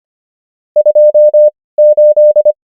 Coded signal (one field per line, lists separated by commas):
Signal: Morse code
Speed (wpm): 25 wpm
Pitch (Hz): 600 Hz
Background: none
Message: 28